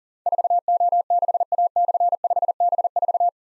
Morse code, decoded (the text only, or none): 4O6A/5B4